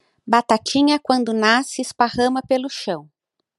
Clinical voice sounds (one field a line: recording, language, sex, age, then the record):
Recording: short text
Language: Brazilian Portuguese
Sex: female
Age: 40 to 49 years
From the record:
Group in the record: control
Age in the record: 47 years